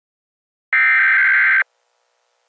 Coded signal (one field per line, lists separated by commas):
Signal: Emergency Alert System (SAME) tones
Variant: header bursts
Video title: EAS Emergency Alert System - Possessor Attack